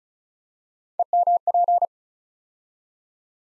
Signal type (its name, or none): Morse code